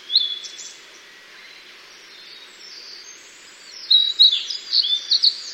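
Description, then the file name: Blue-and-white flycatcher song: a high whistled phrase at the start, a long pause, then a longer run of sweet, slurred high notes near the end. "ooruri"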